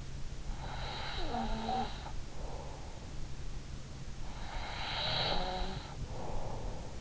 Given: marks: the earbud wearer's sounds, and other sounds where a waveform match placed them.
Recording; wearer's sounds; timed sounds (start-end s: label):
sounds in sleep by an in-ear microphone; breath
0.15-2.73 s: breath
4.16-7.01 s: breath